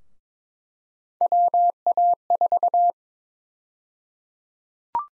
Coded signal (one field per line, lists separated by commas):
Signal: Morse code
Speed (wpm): 22 wpm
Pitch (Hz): 700 Hz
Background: none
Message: WA4